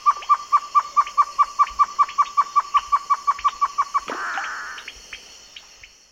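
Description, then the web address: Great antshrike song: a long string of evenly spaced hollow hooting notes ending in a rough, rattling snarl, fading afterward. Recorded in the eastern lowlands of South America. "Natures Songs S America Eastern Lowlands Great Antshrike"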